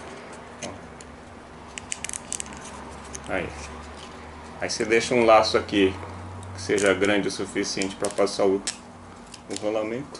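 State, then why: Seated. While mounting the X-axis bearings on a Printrbot 1405 3D printer, the tip of a plastic zip tie is fed through its ratchet head and pulled, and the pawl engages the teeth with a rapid series of small clicks at 1.8, 1.9, 2.0, 2.2, 2.3 and 2.4 seconds. The tie ratchets through and seats, and someone talks afterward.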